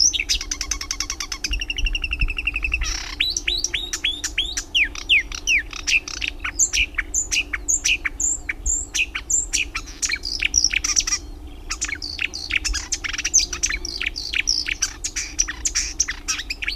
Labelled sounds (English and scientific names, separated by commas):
Marsh Warbler (Acrocephalus palustris) song